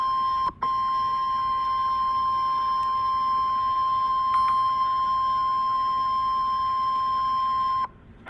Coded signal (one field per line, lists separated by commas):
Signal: Emergency Alert System (SAME) tones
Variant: 1050 Hz attention tone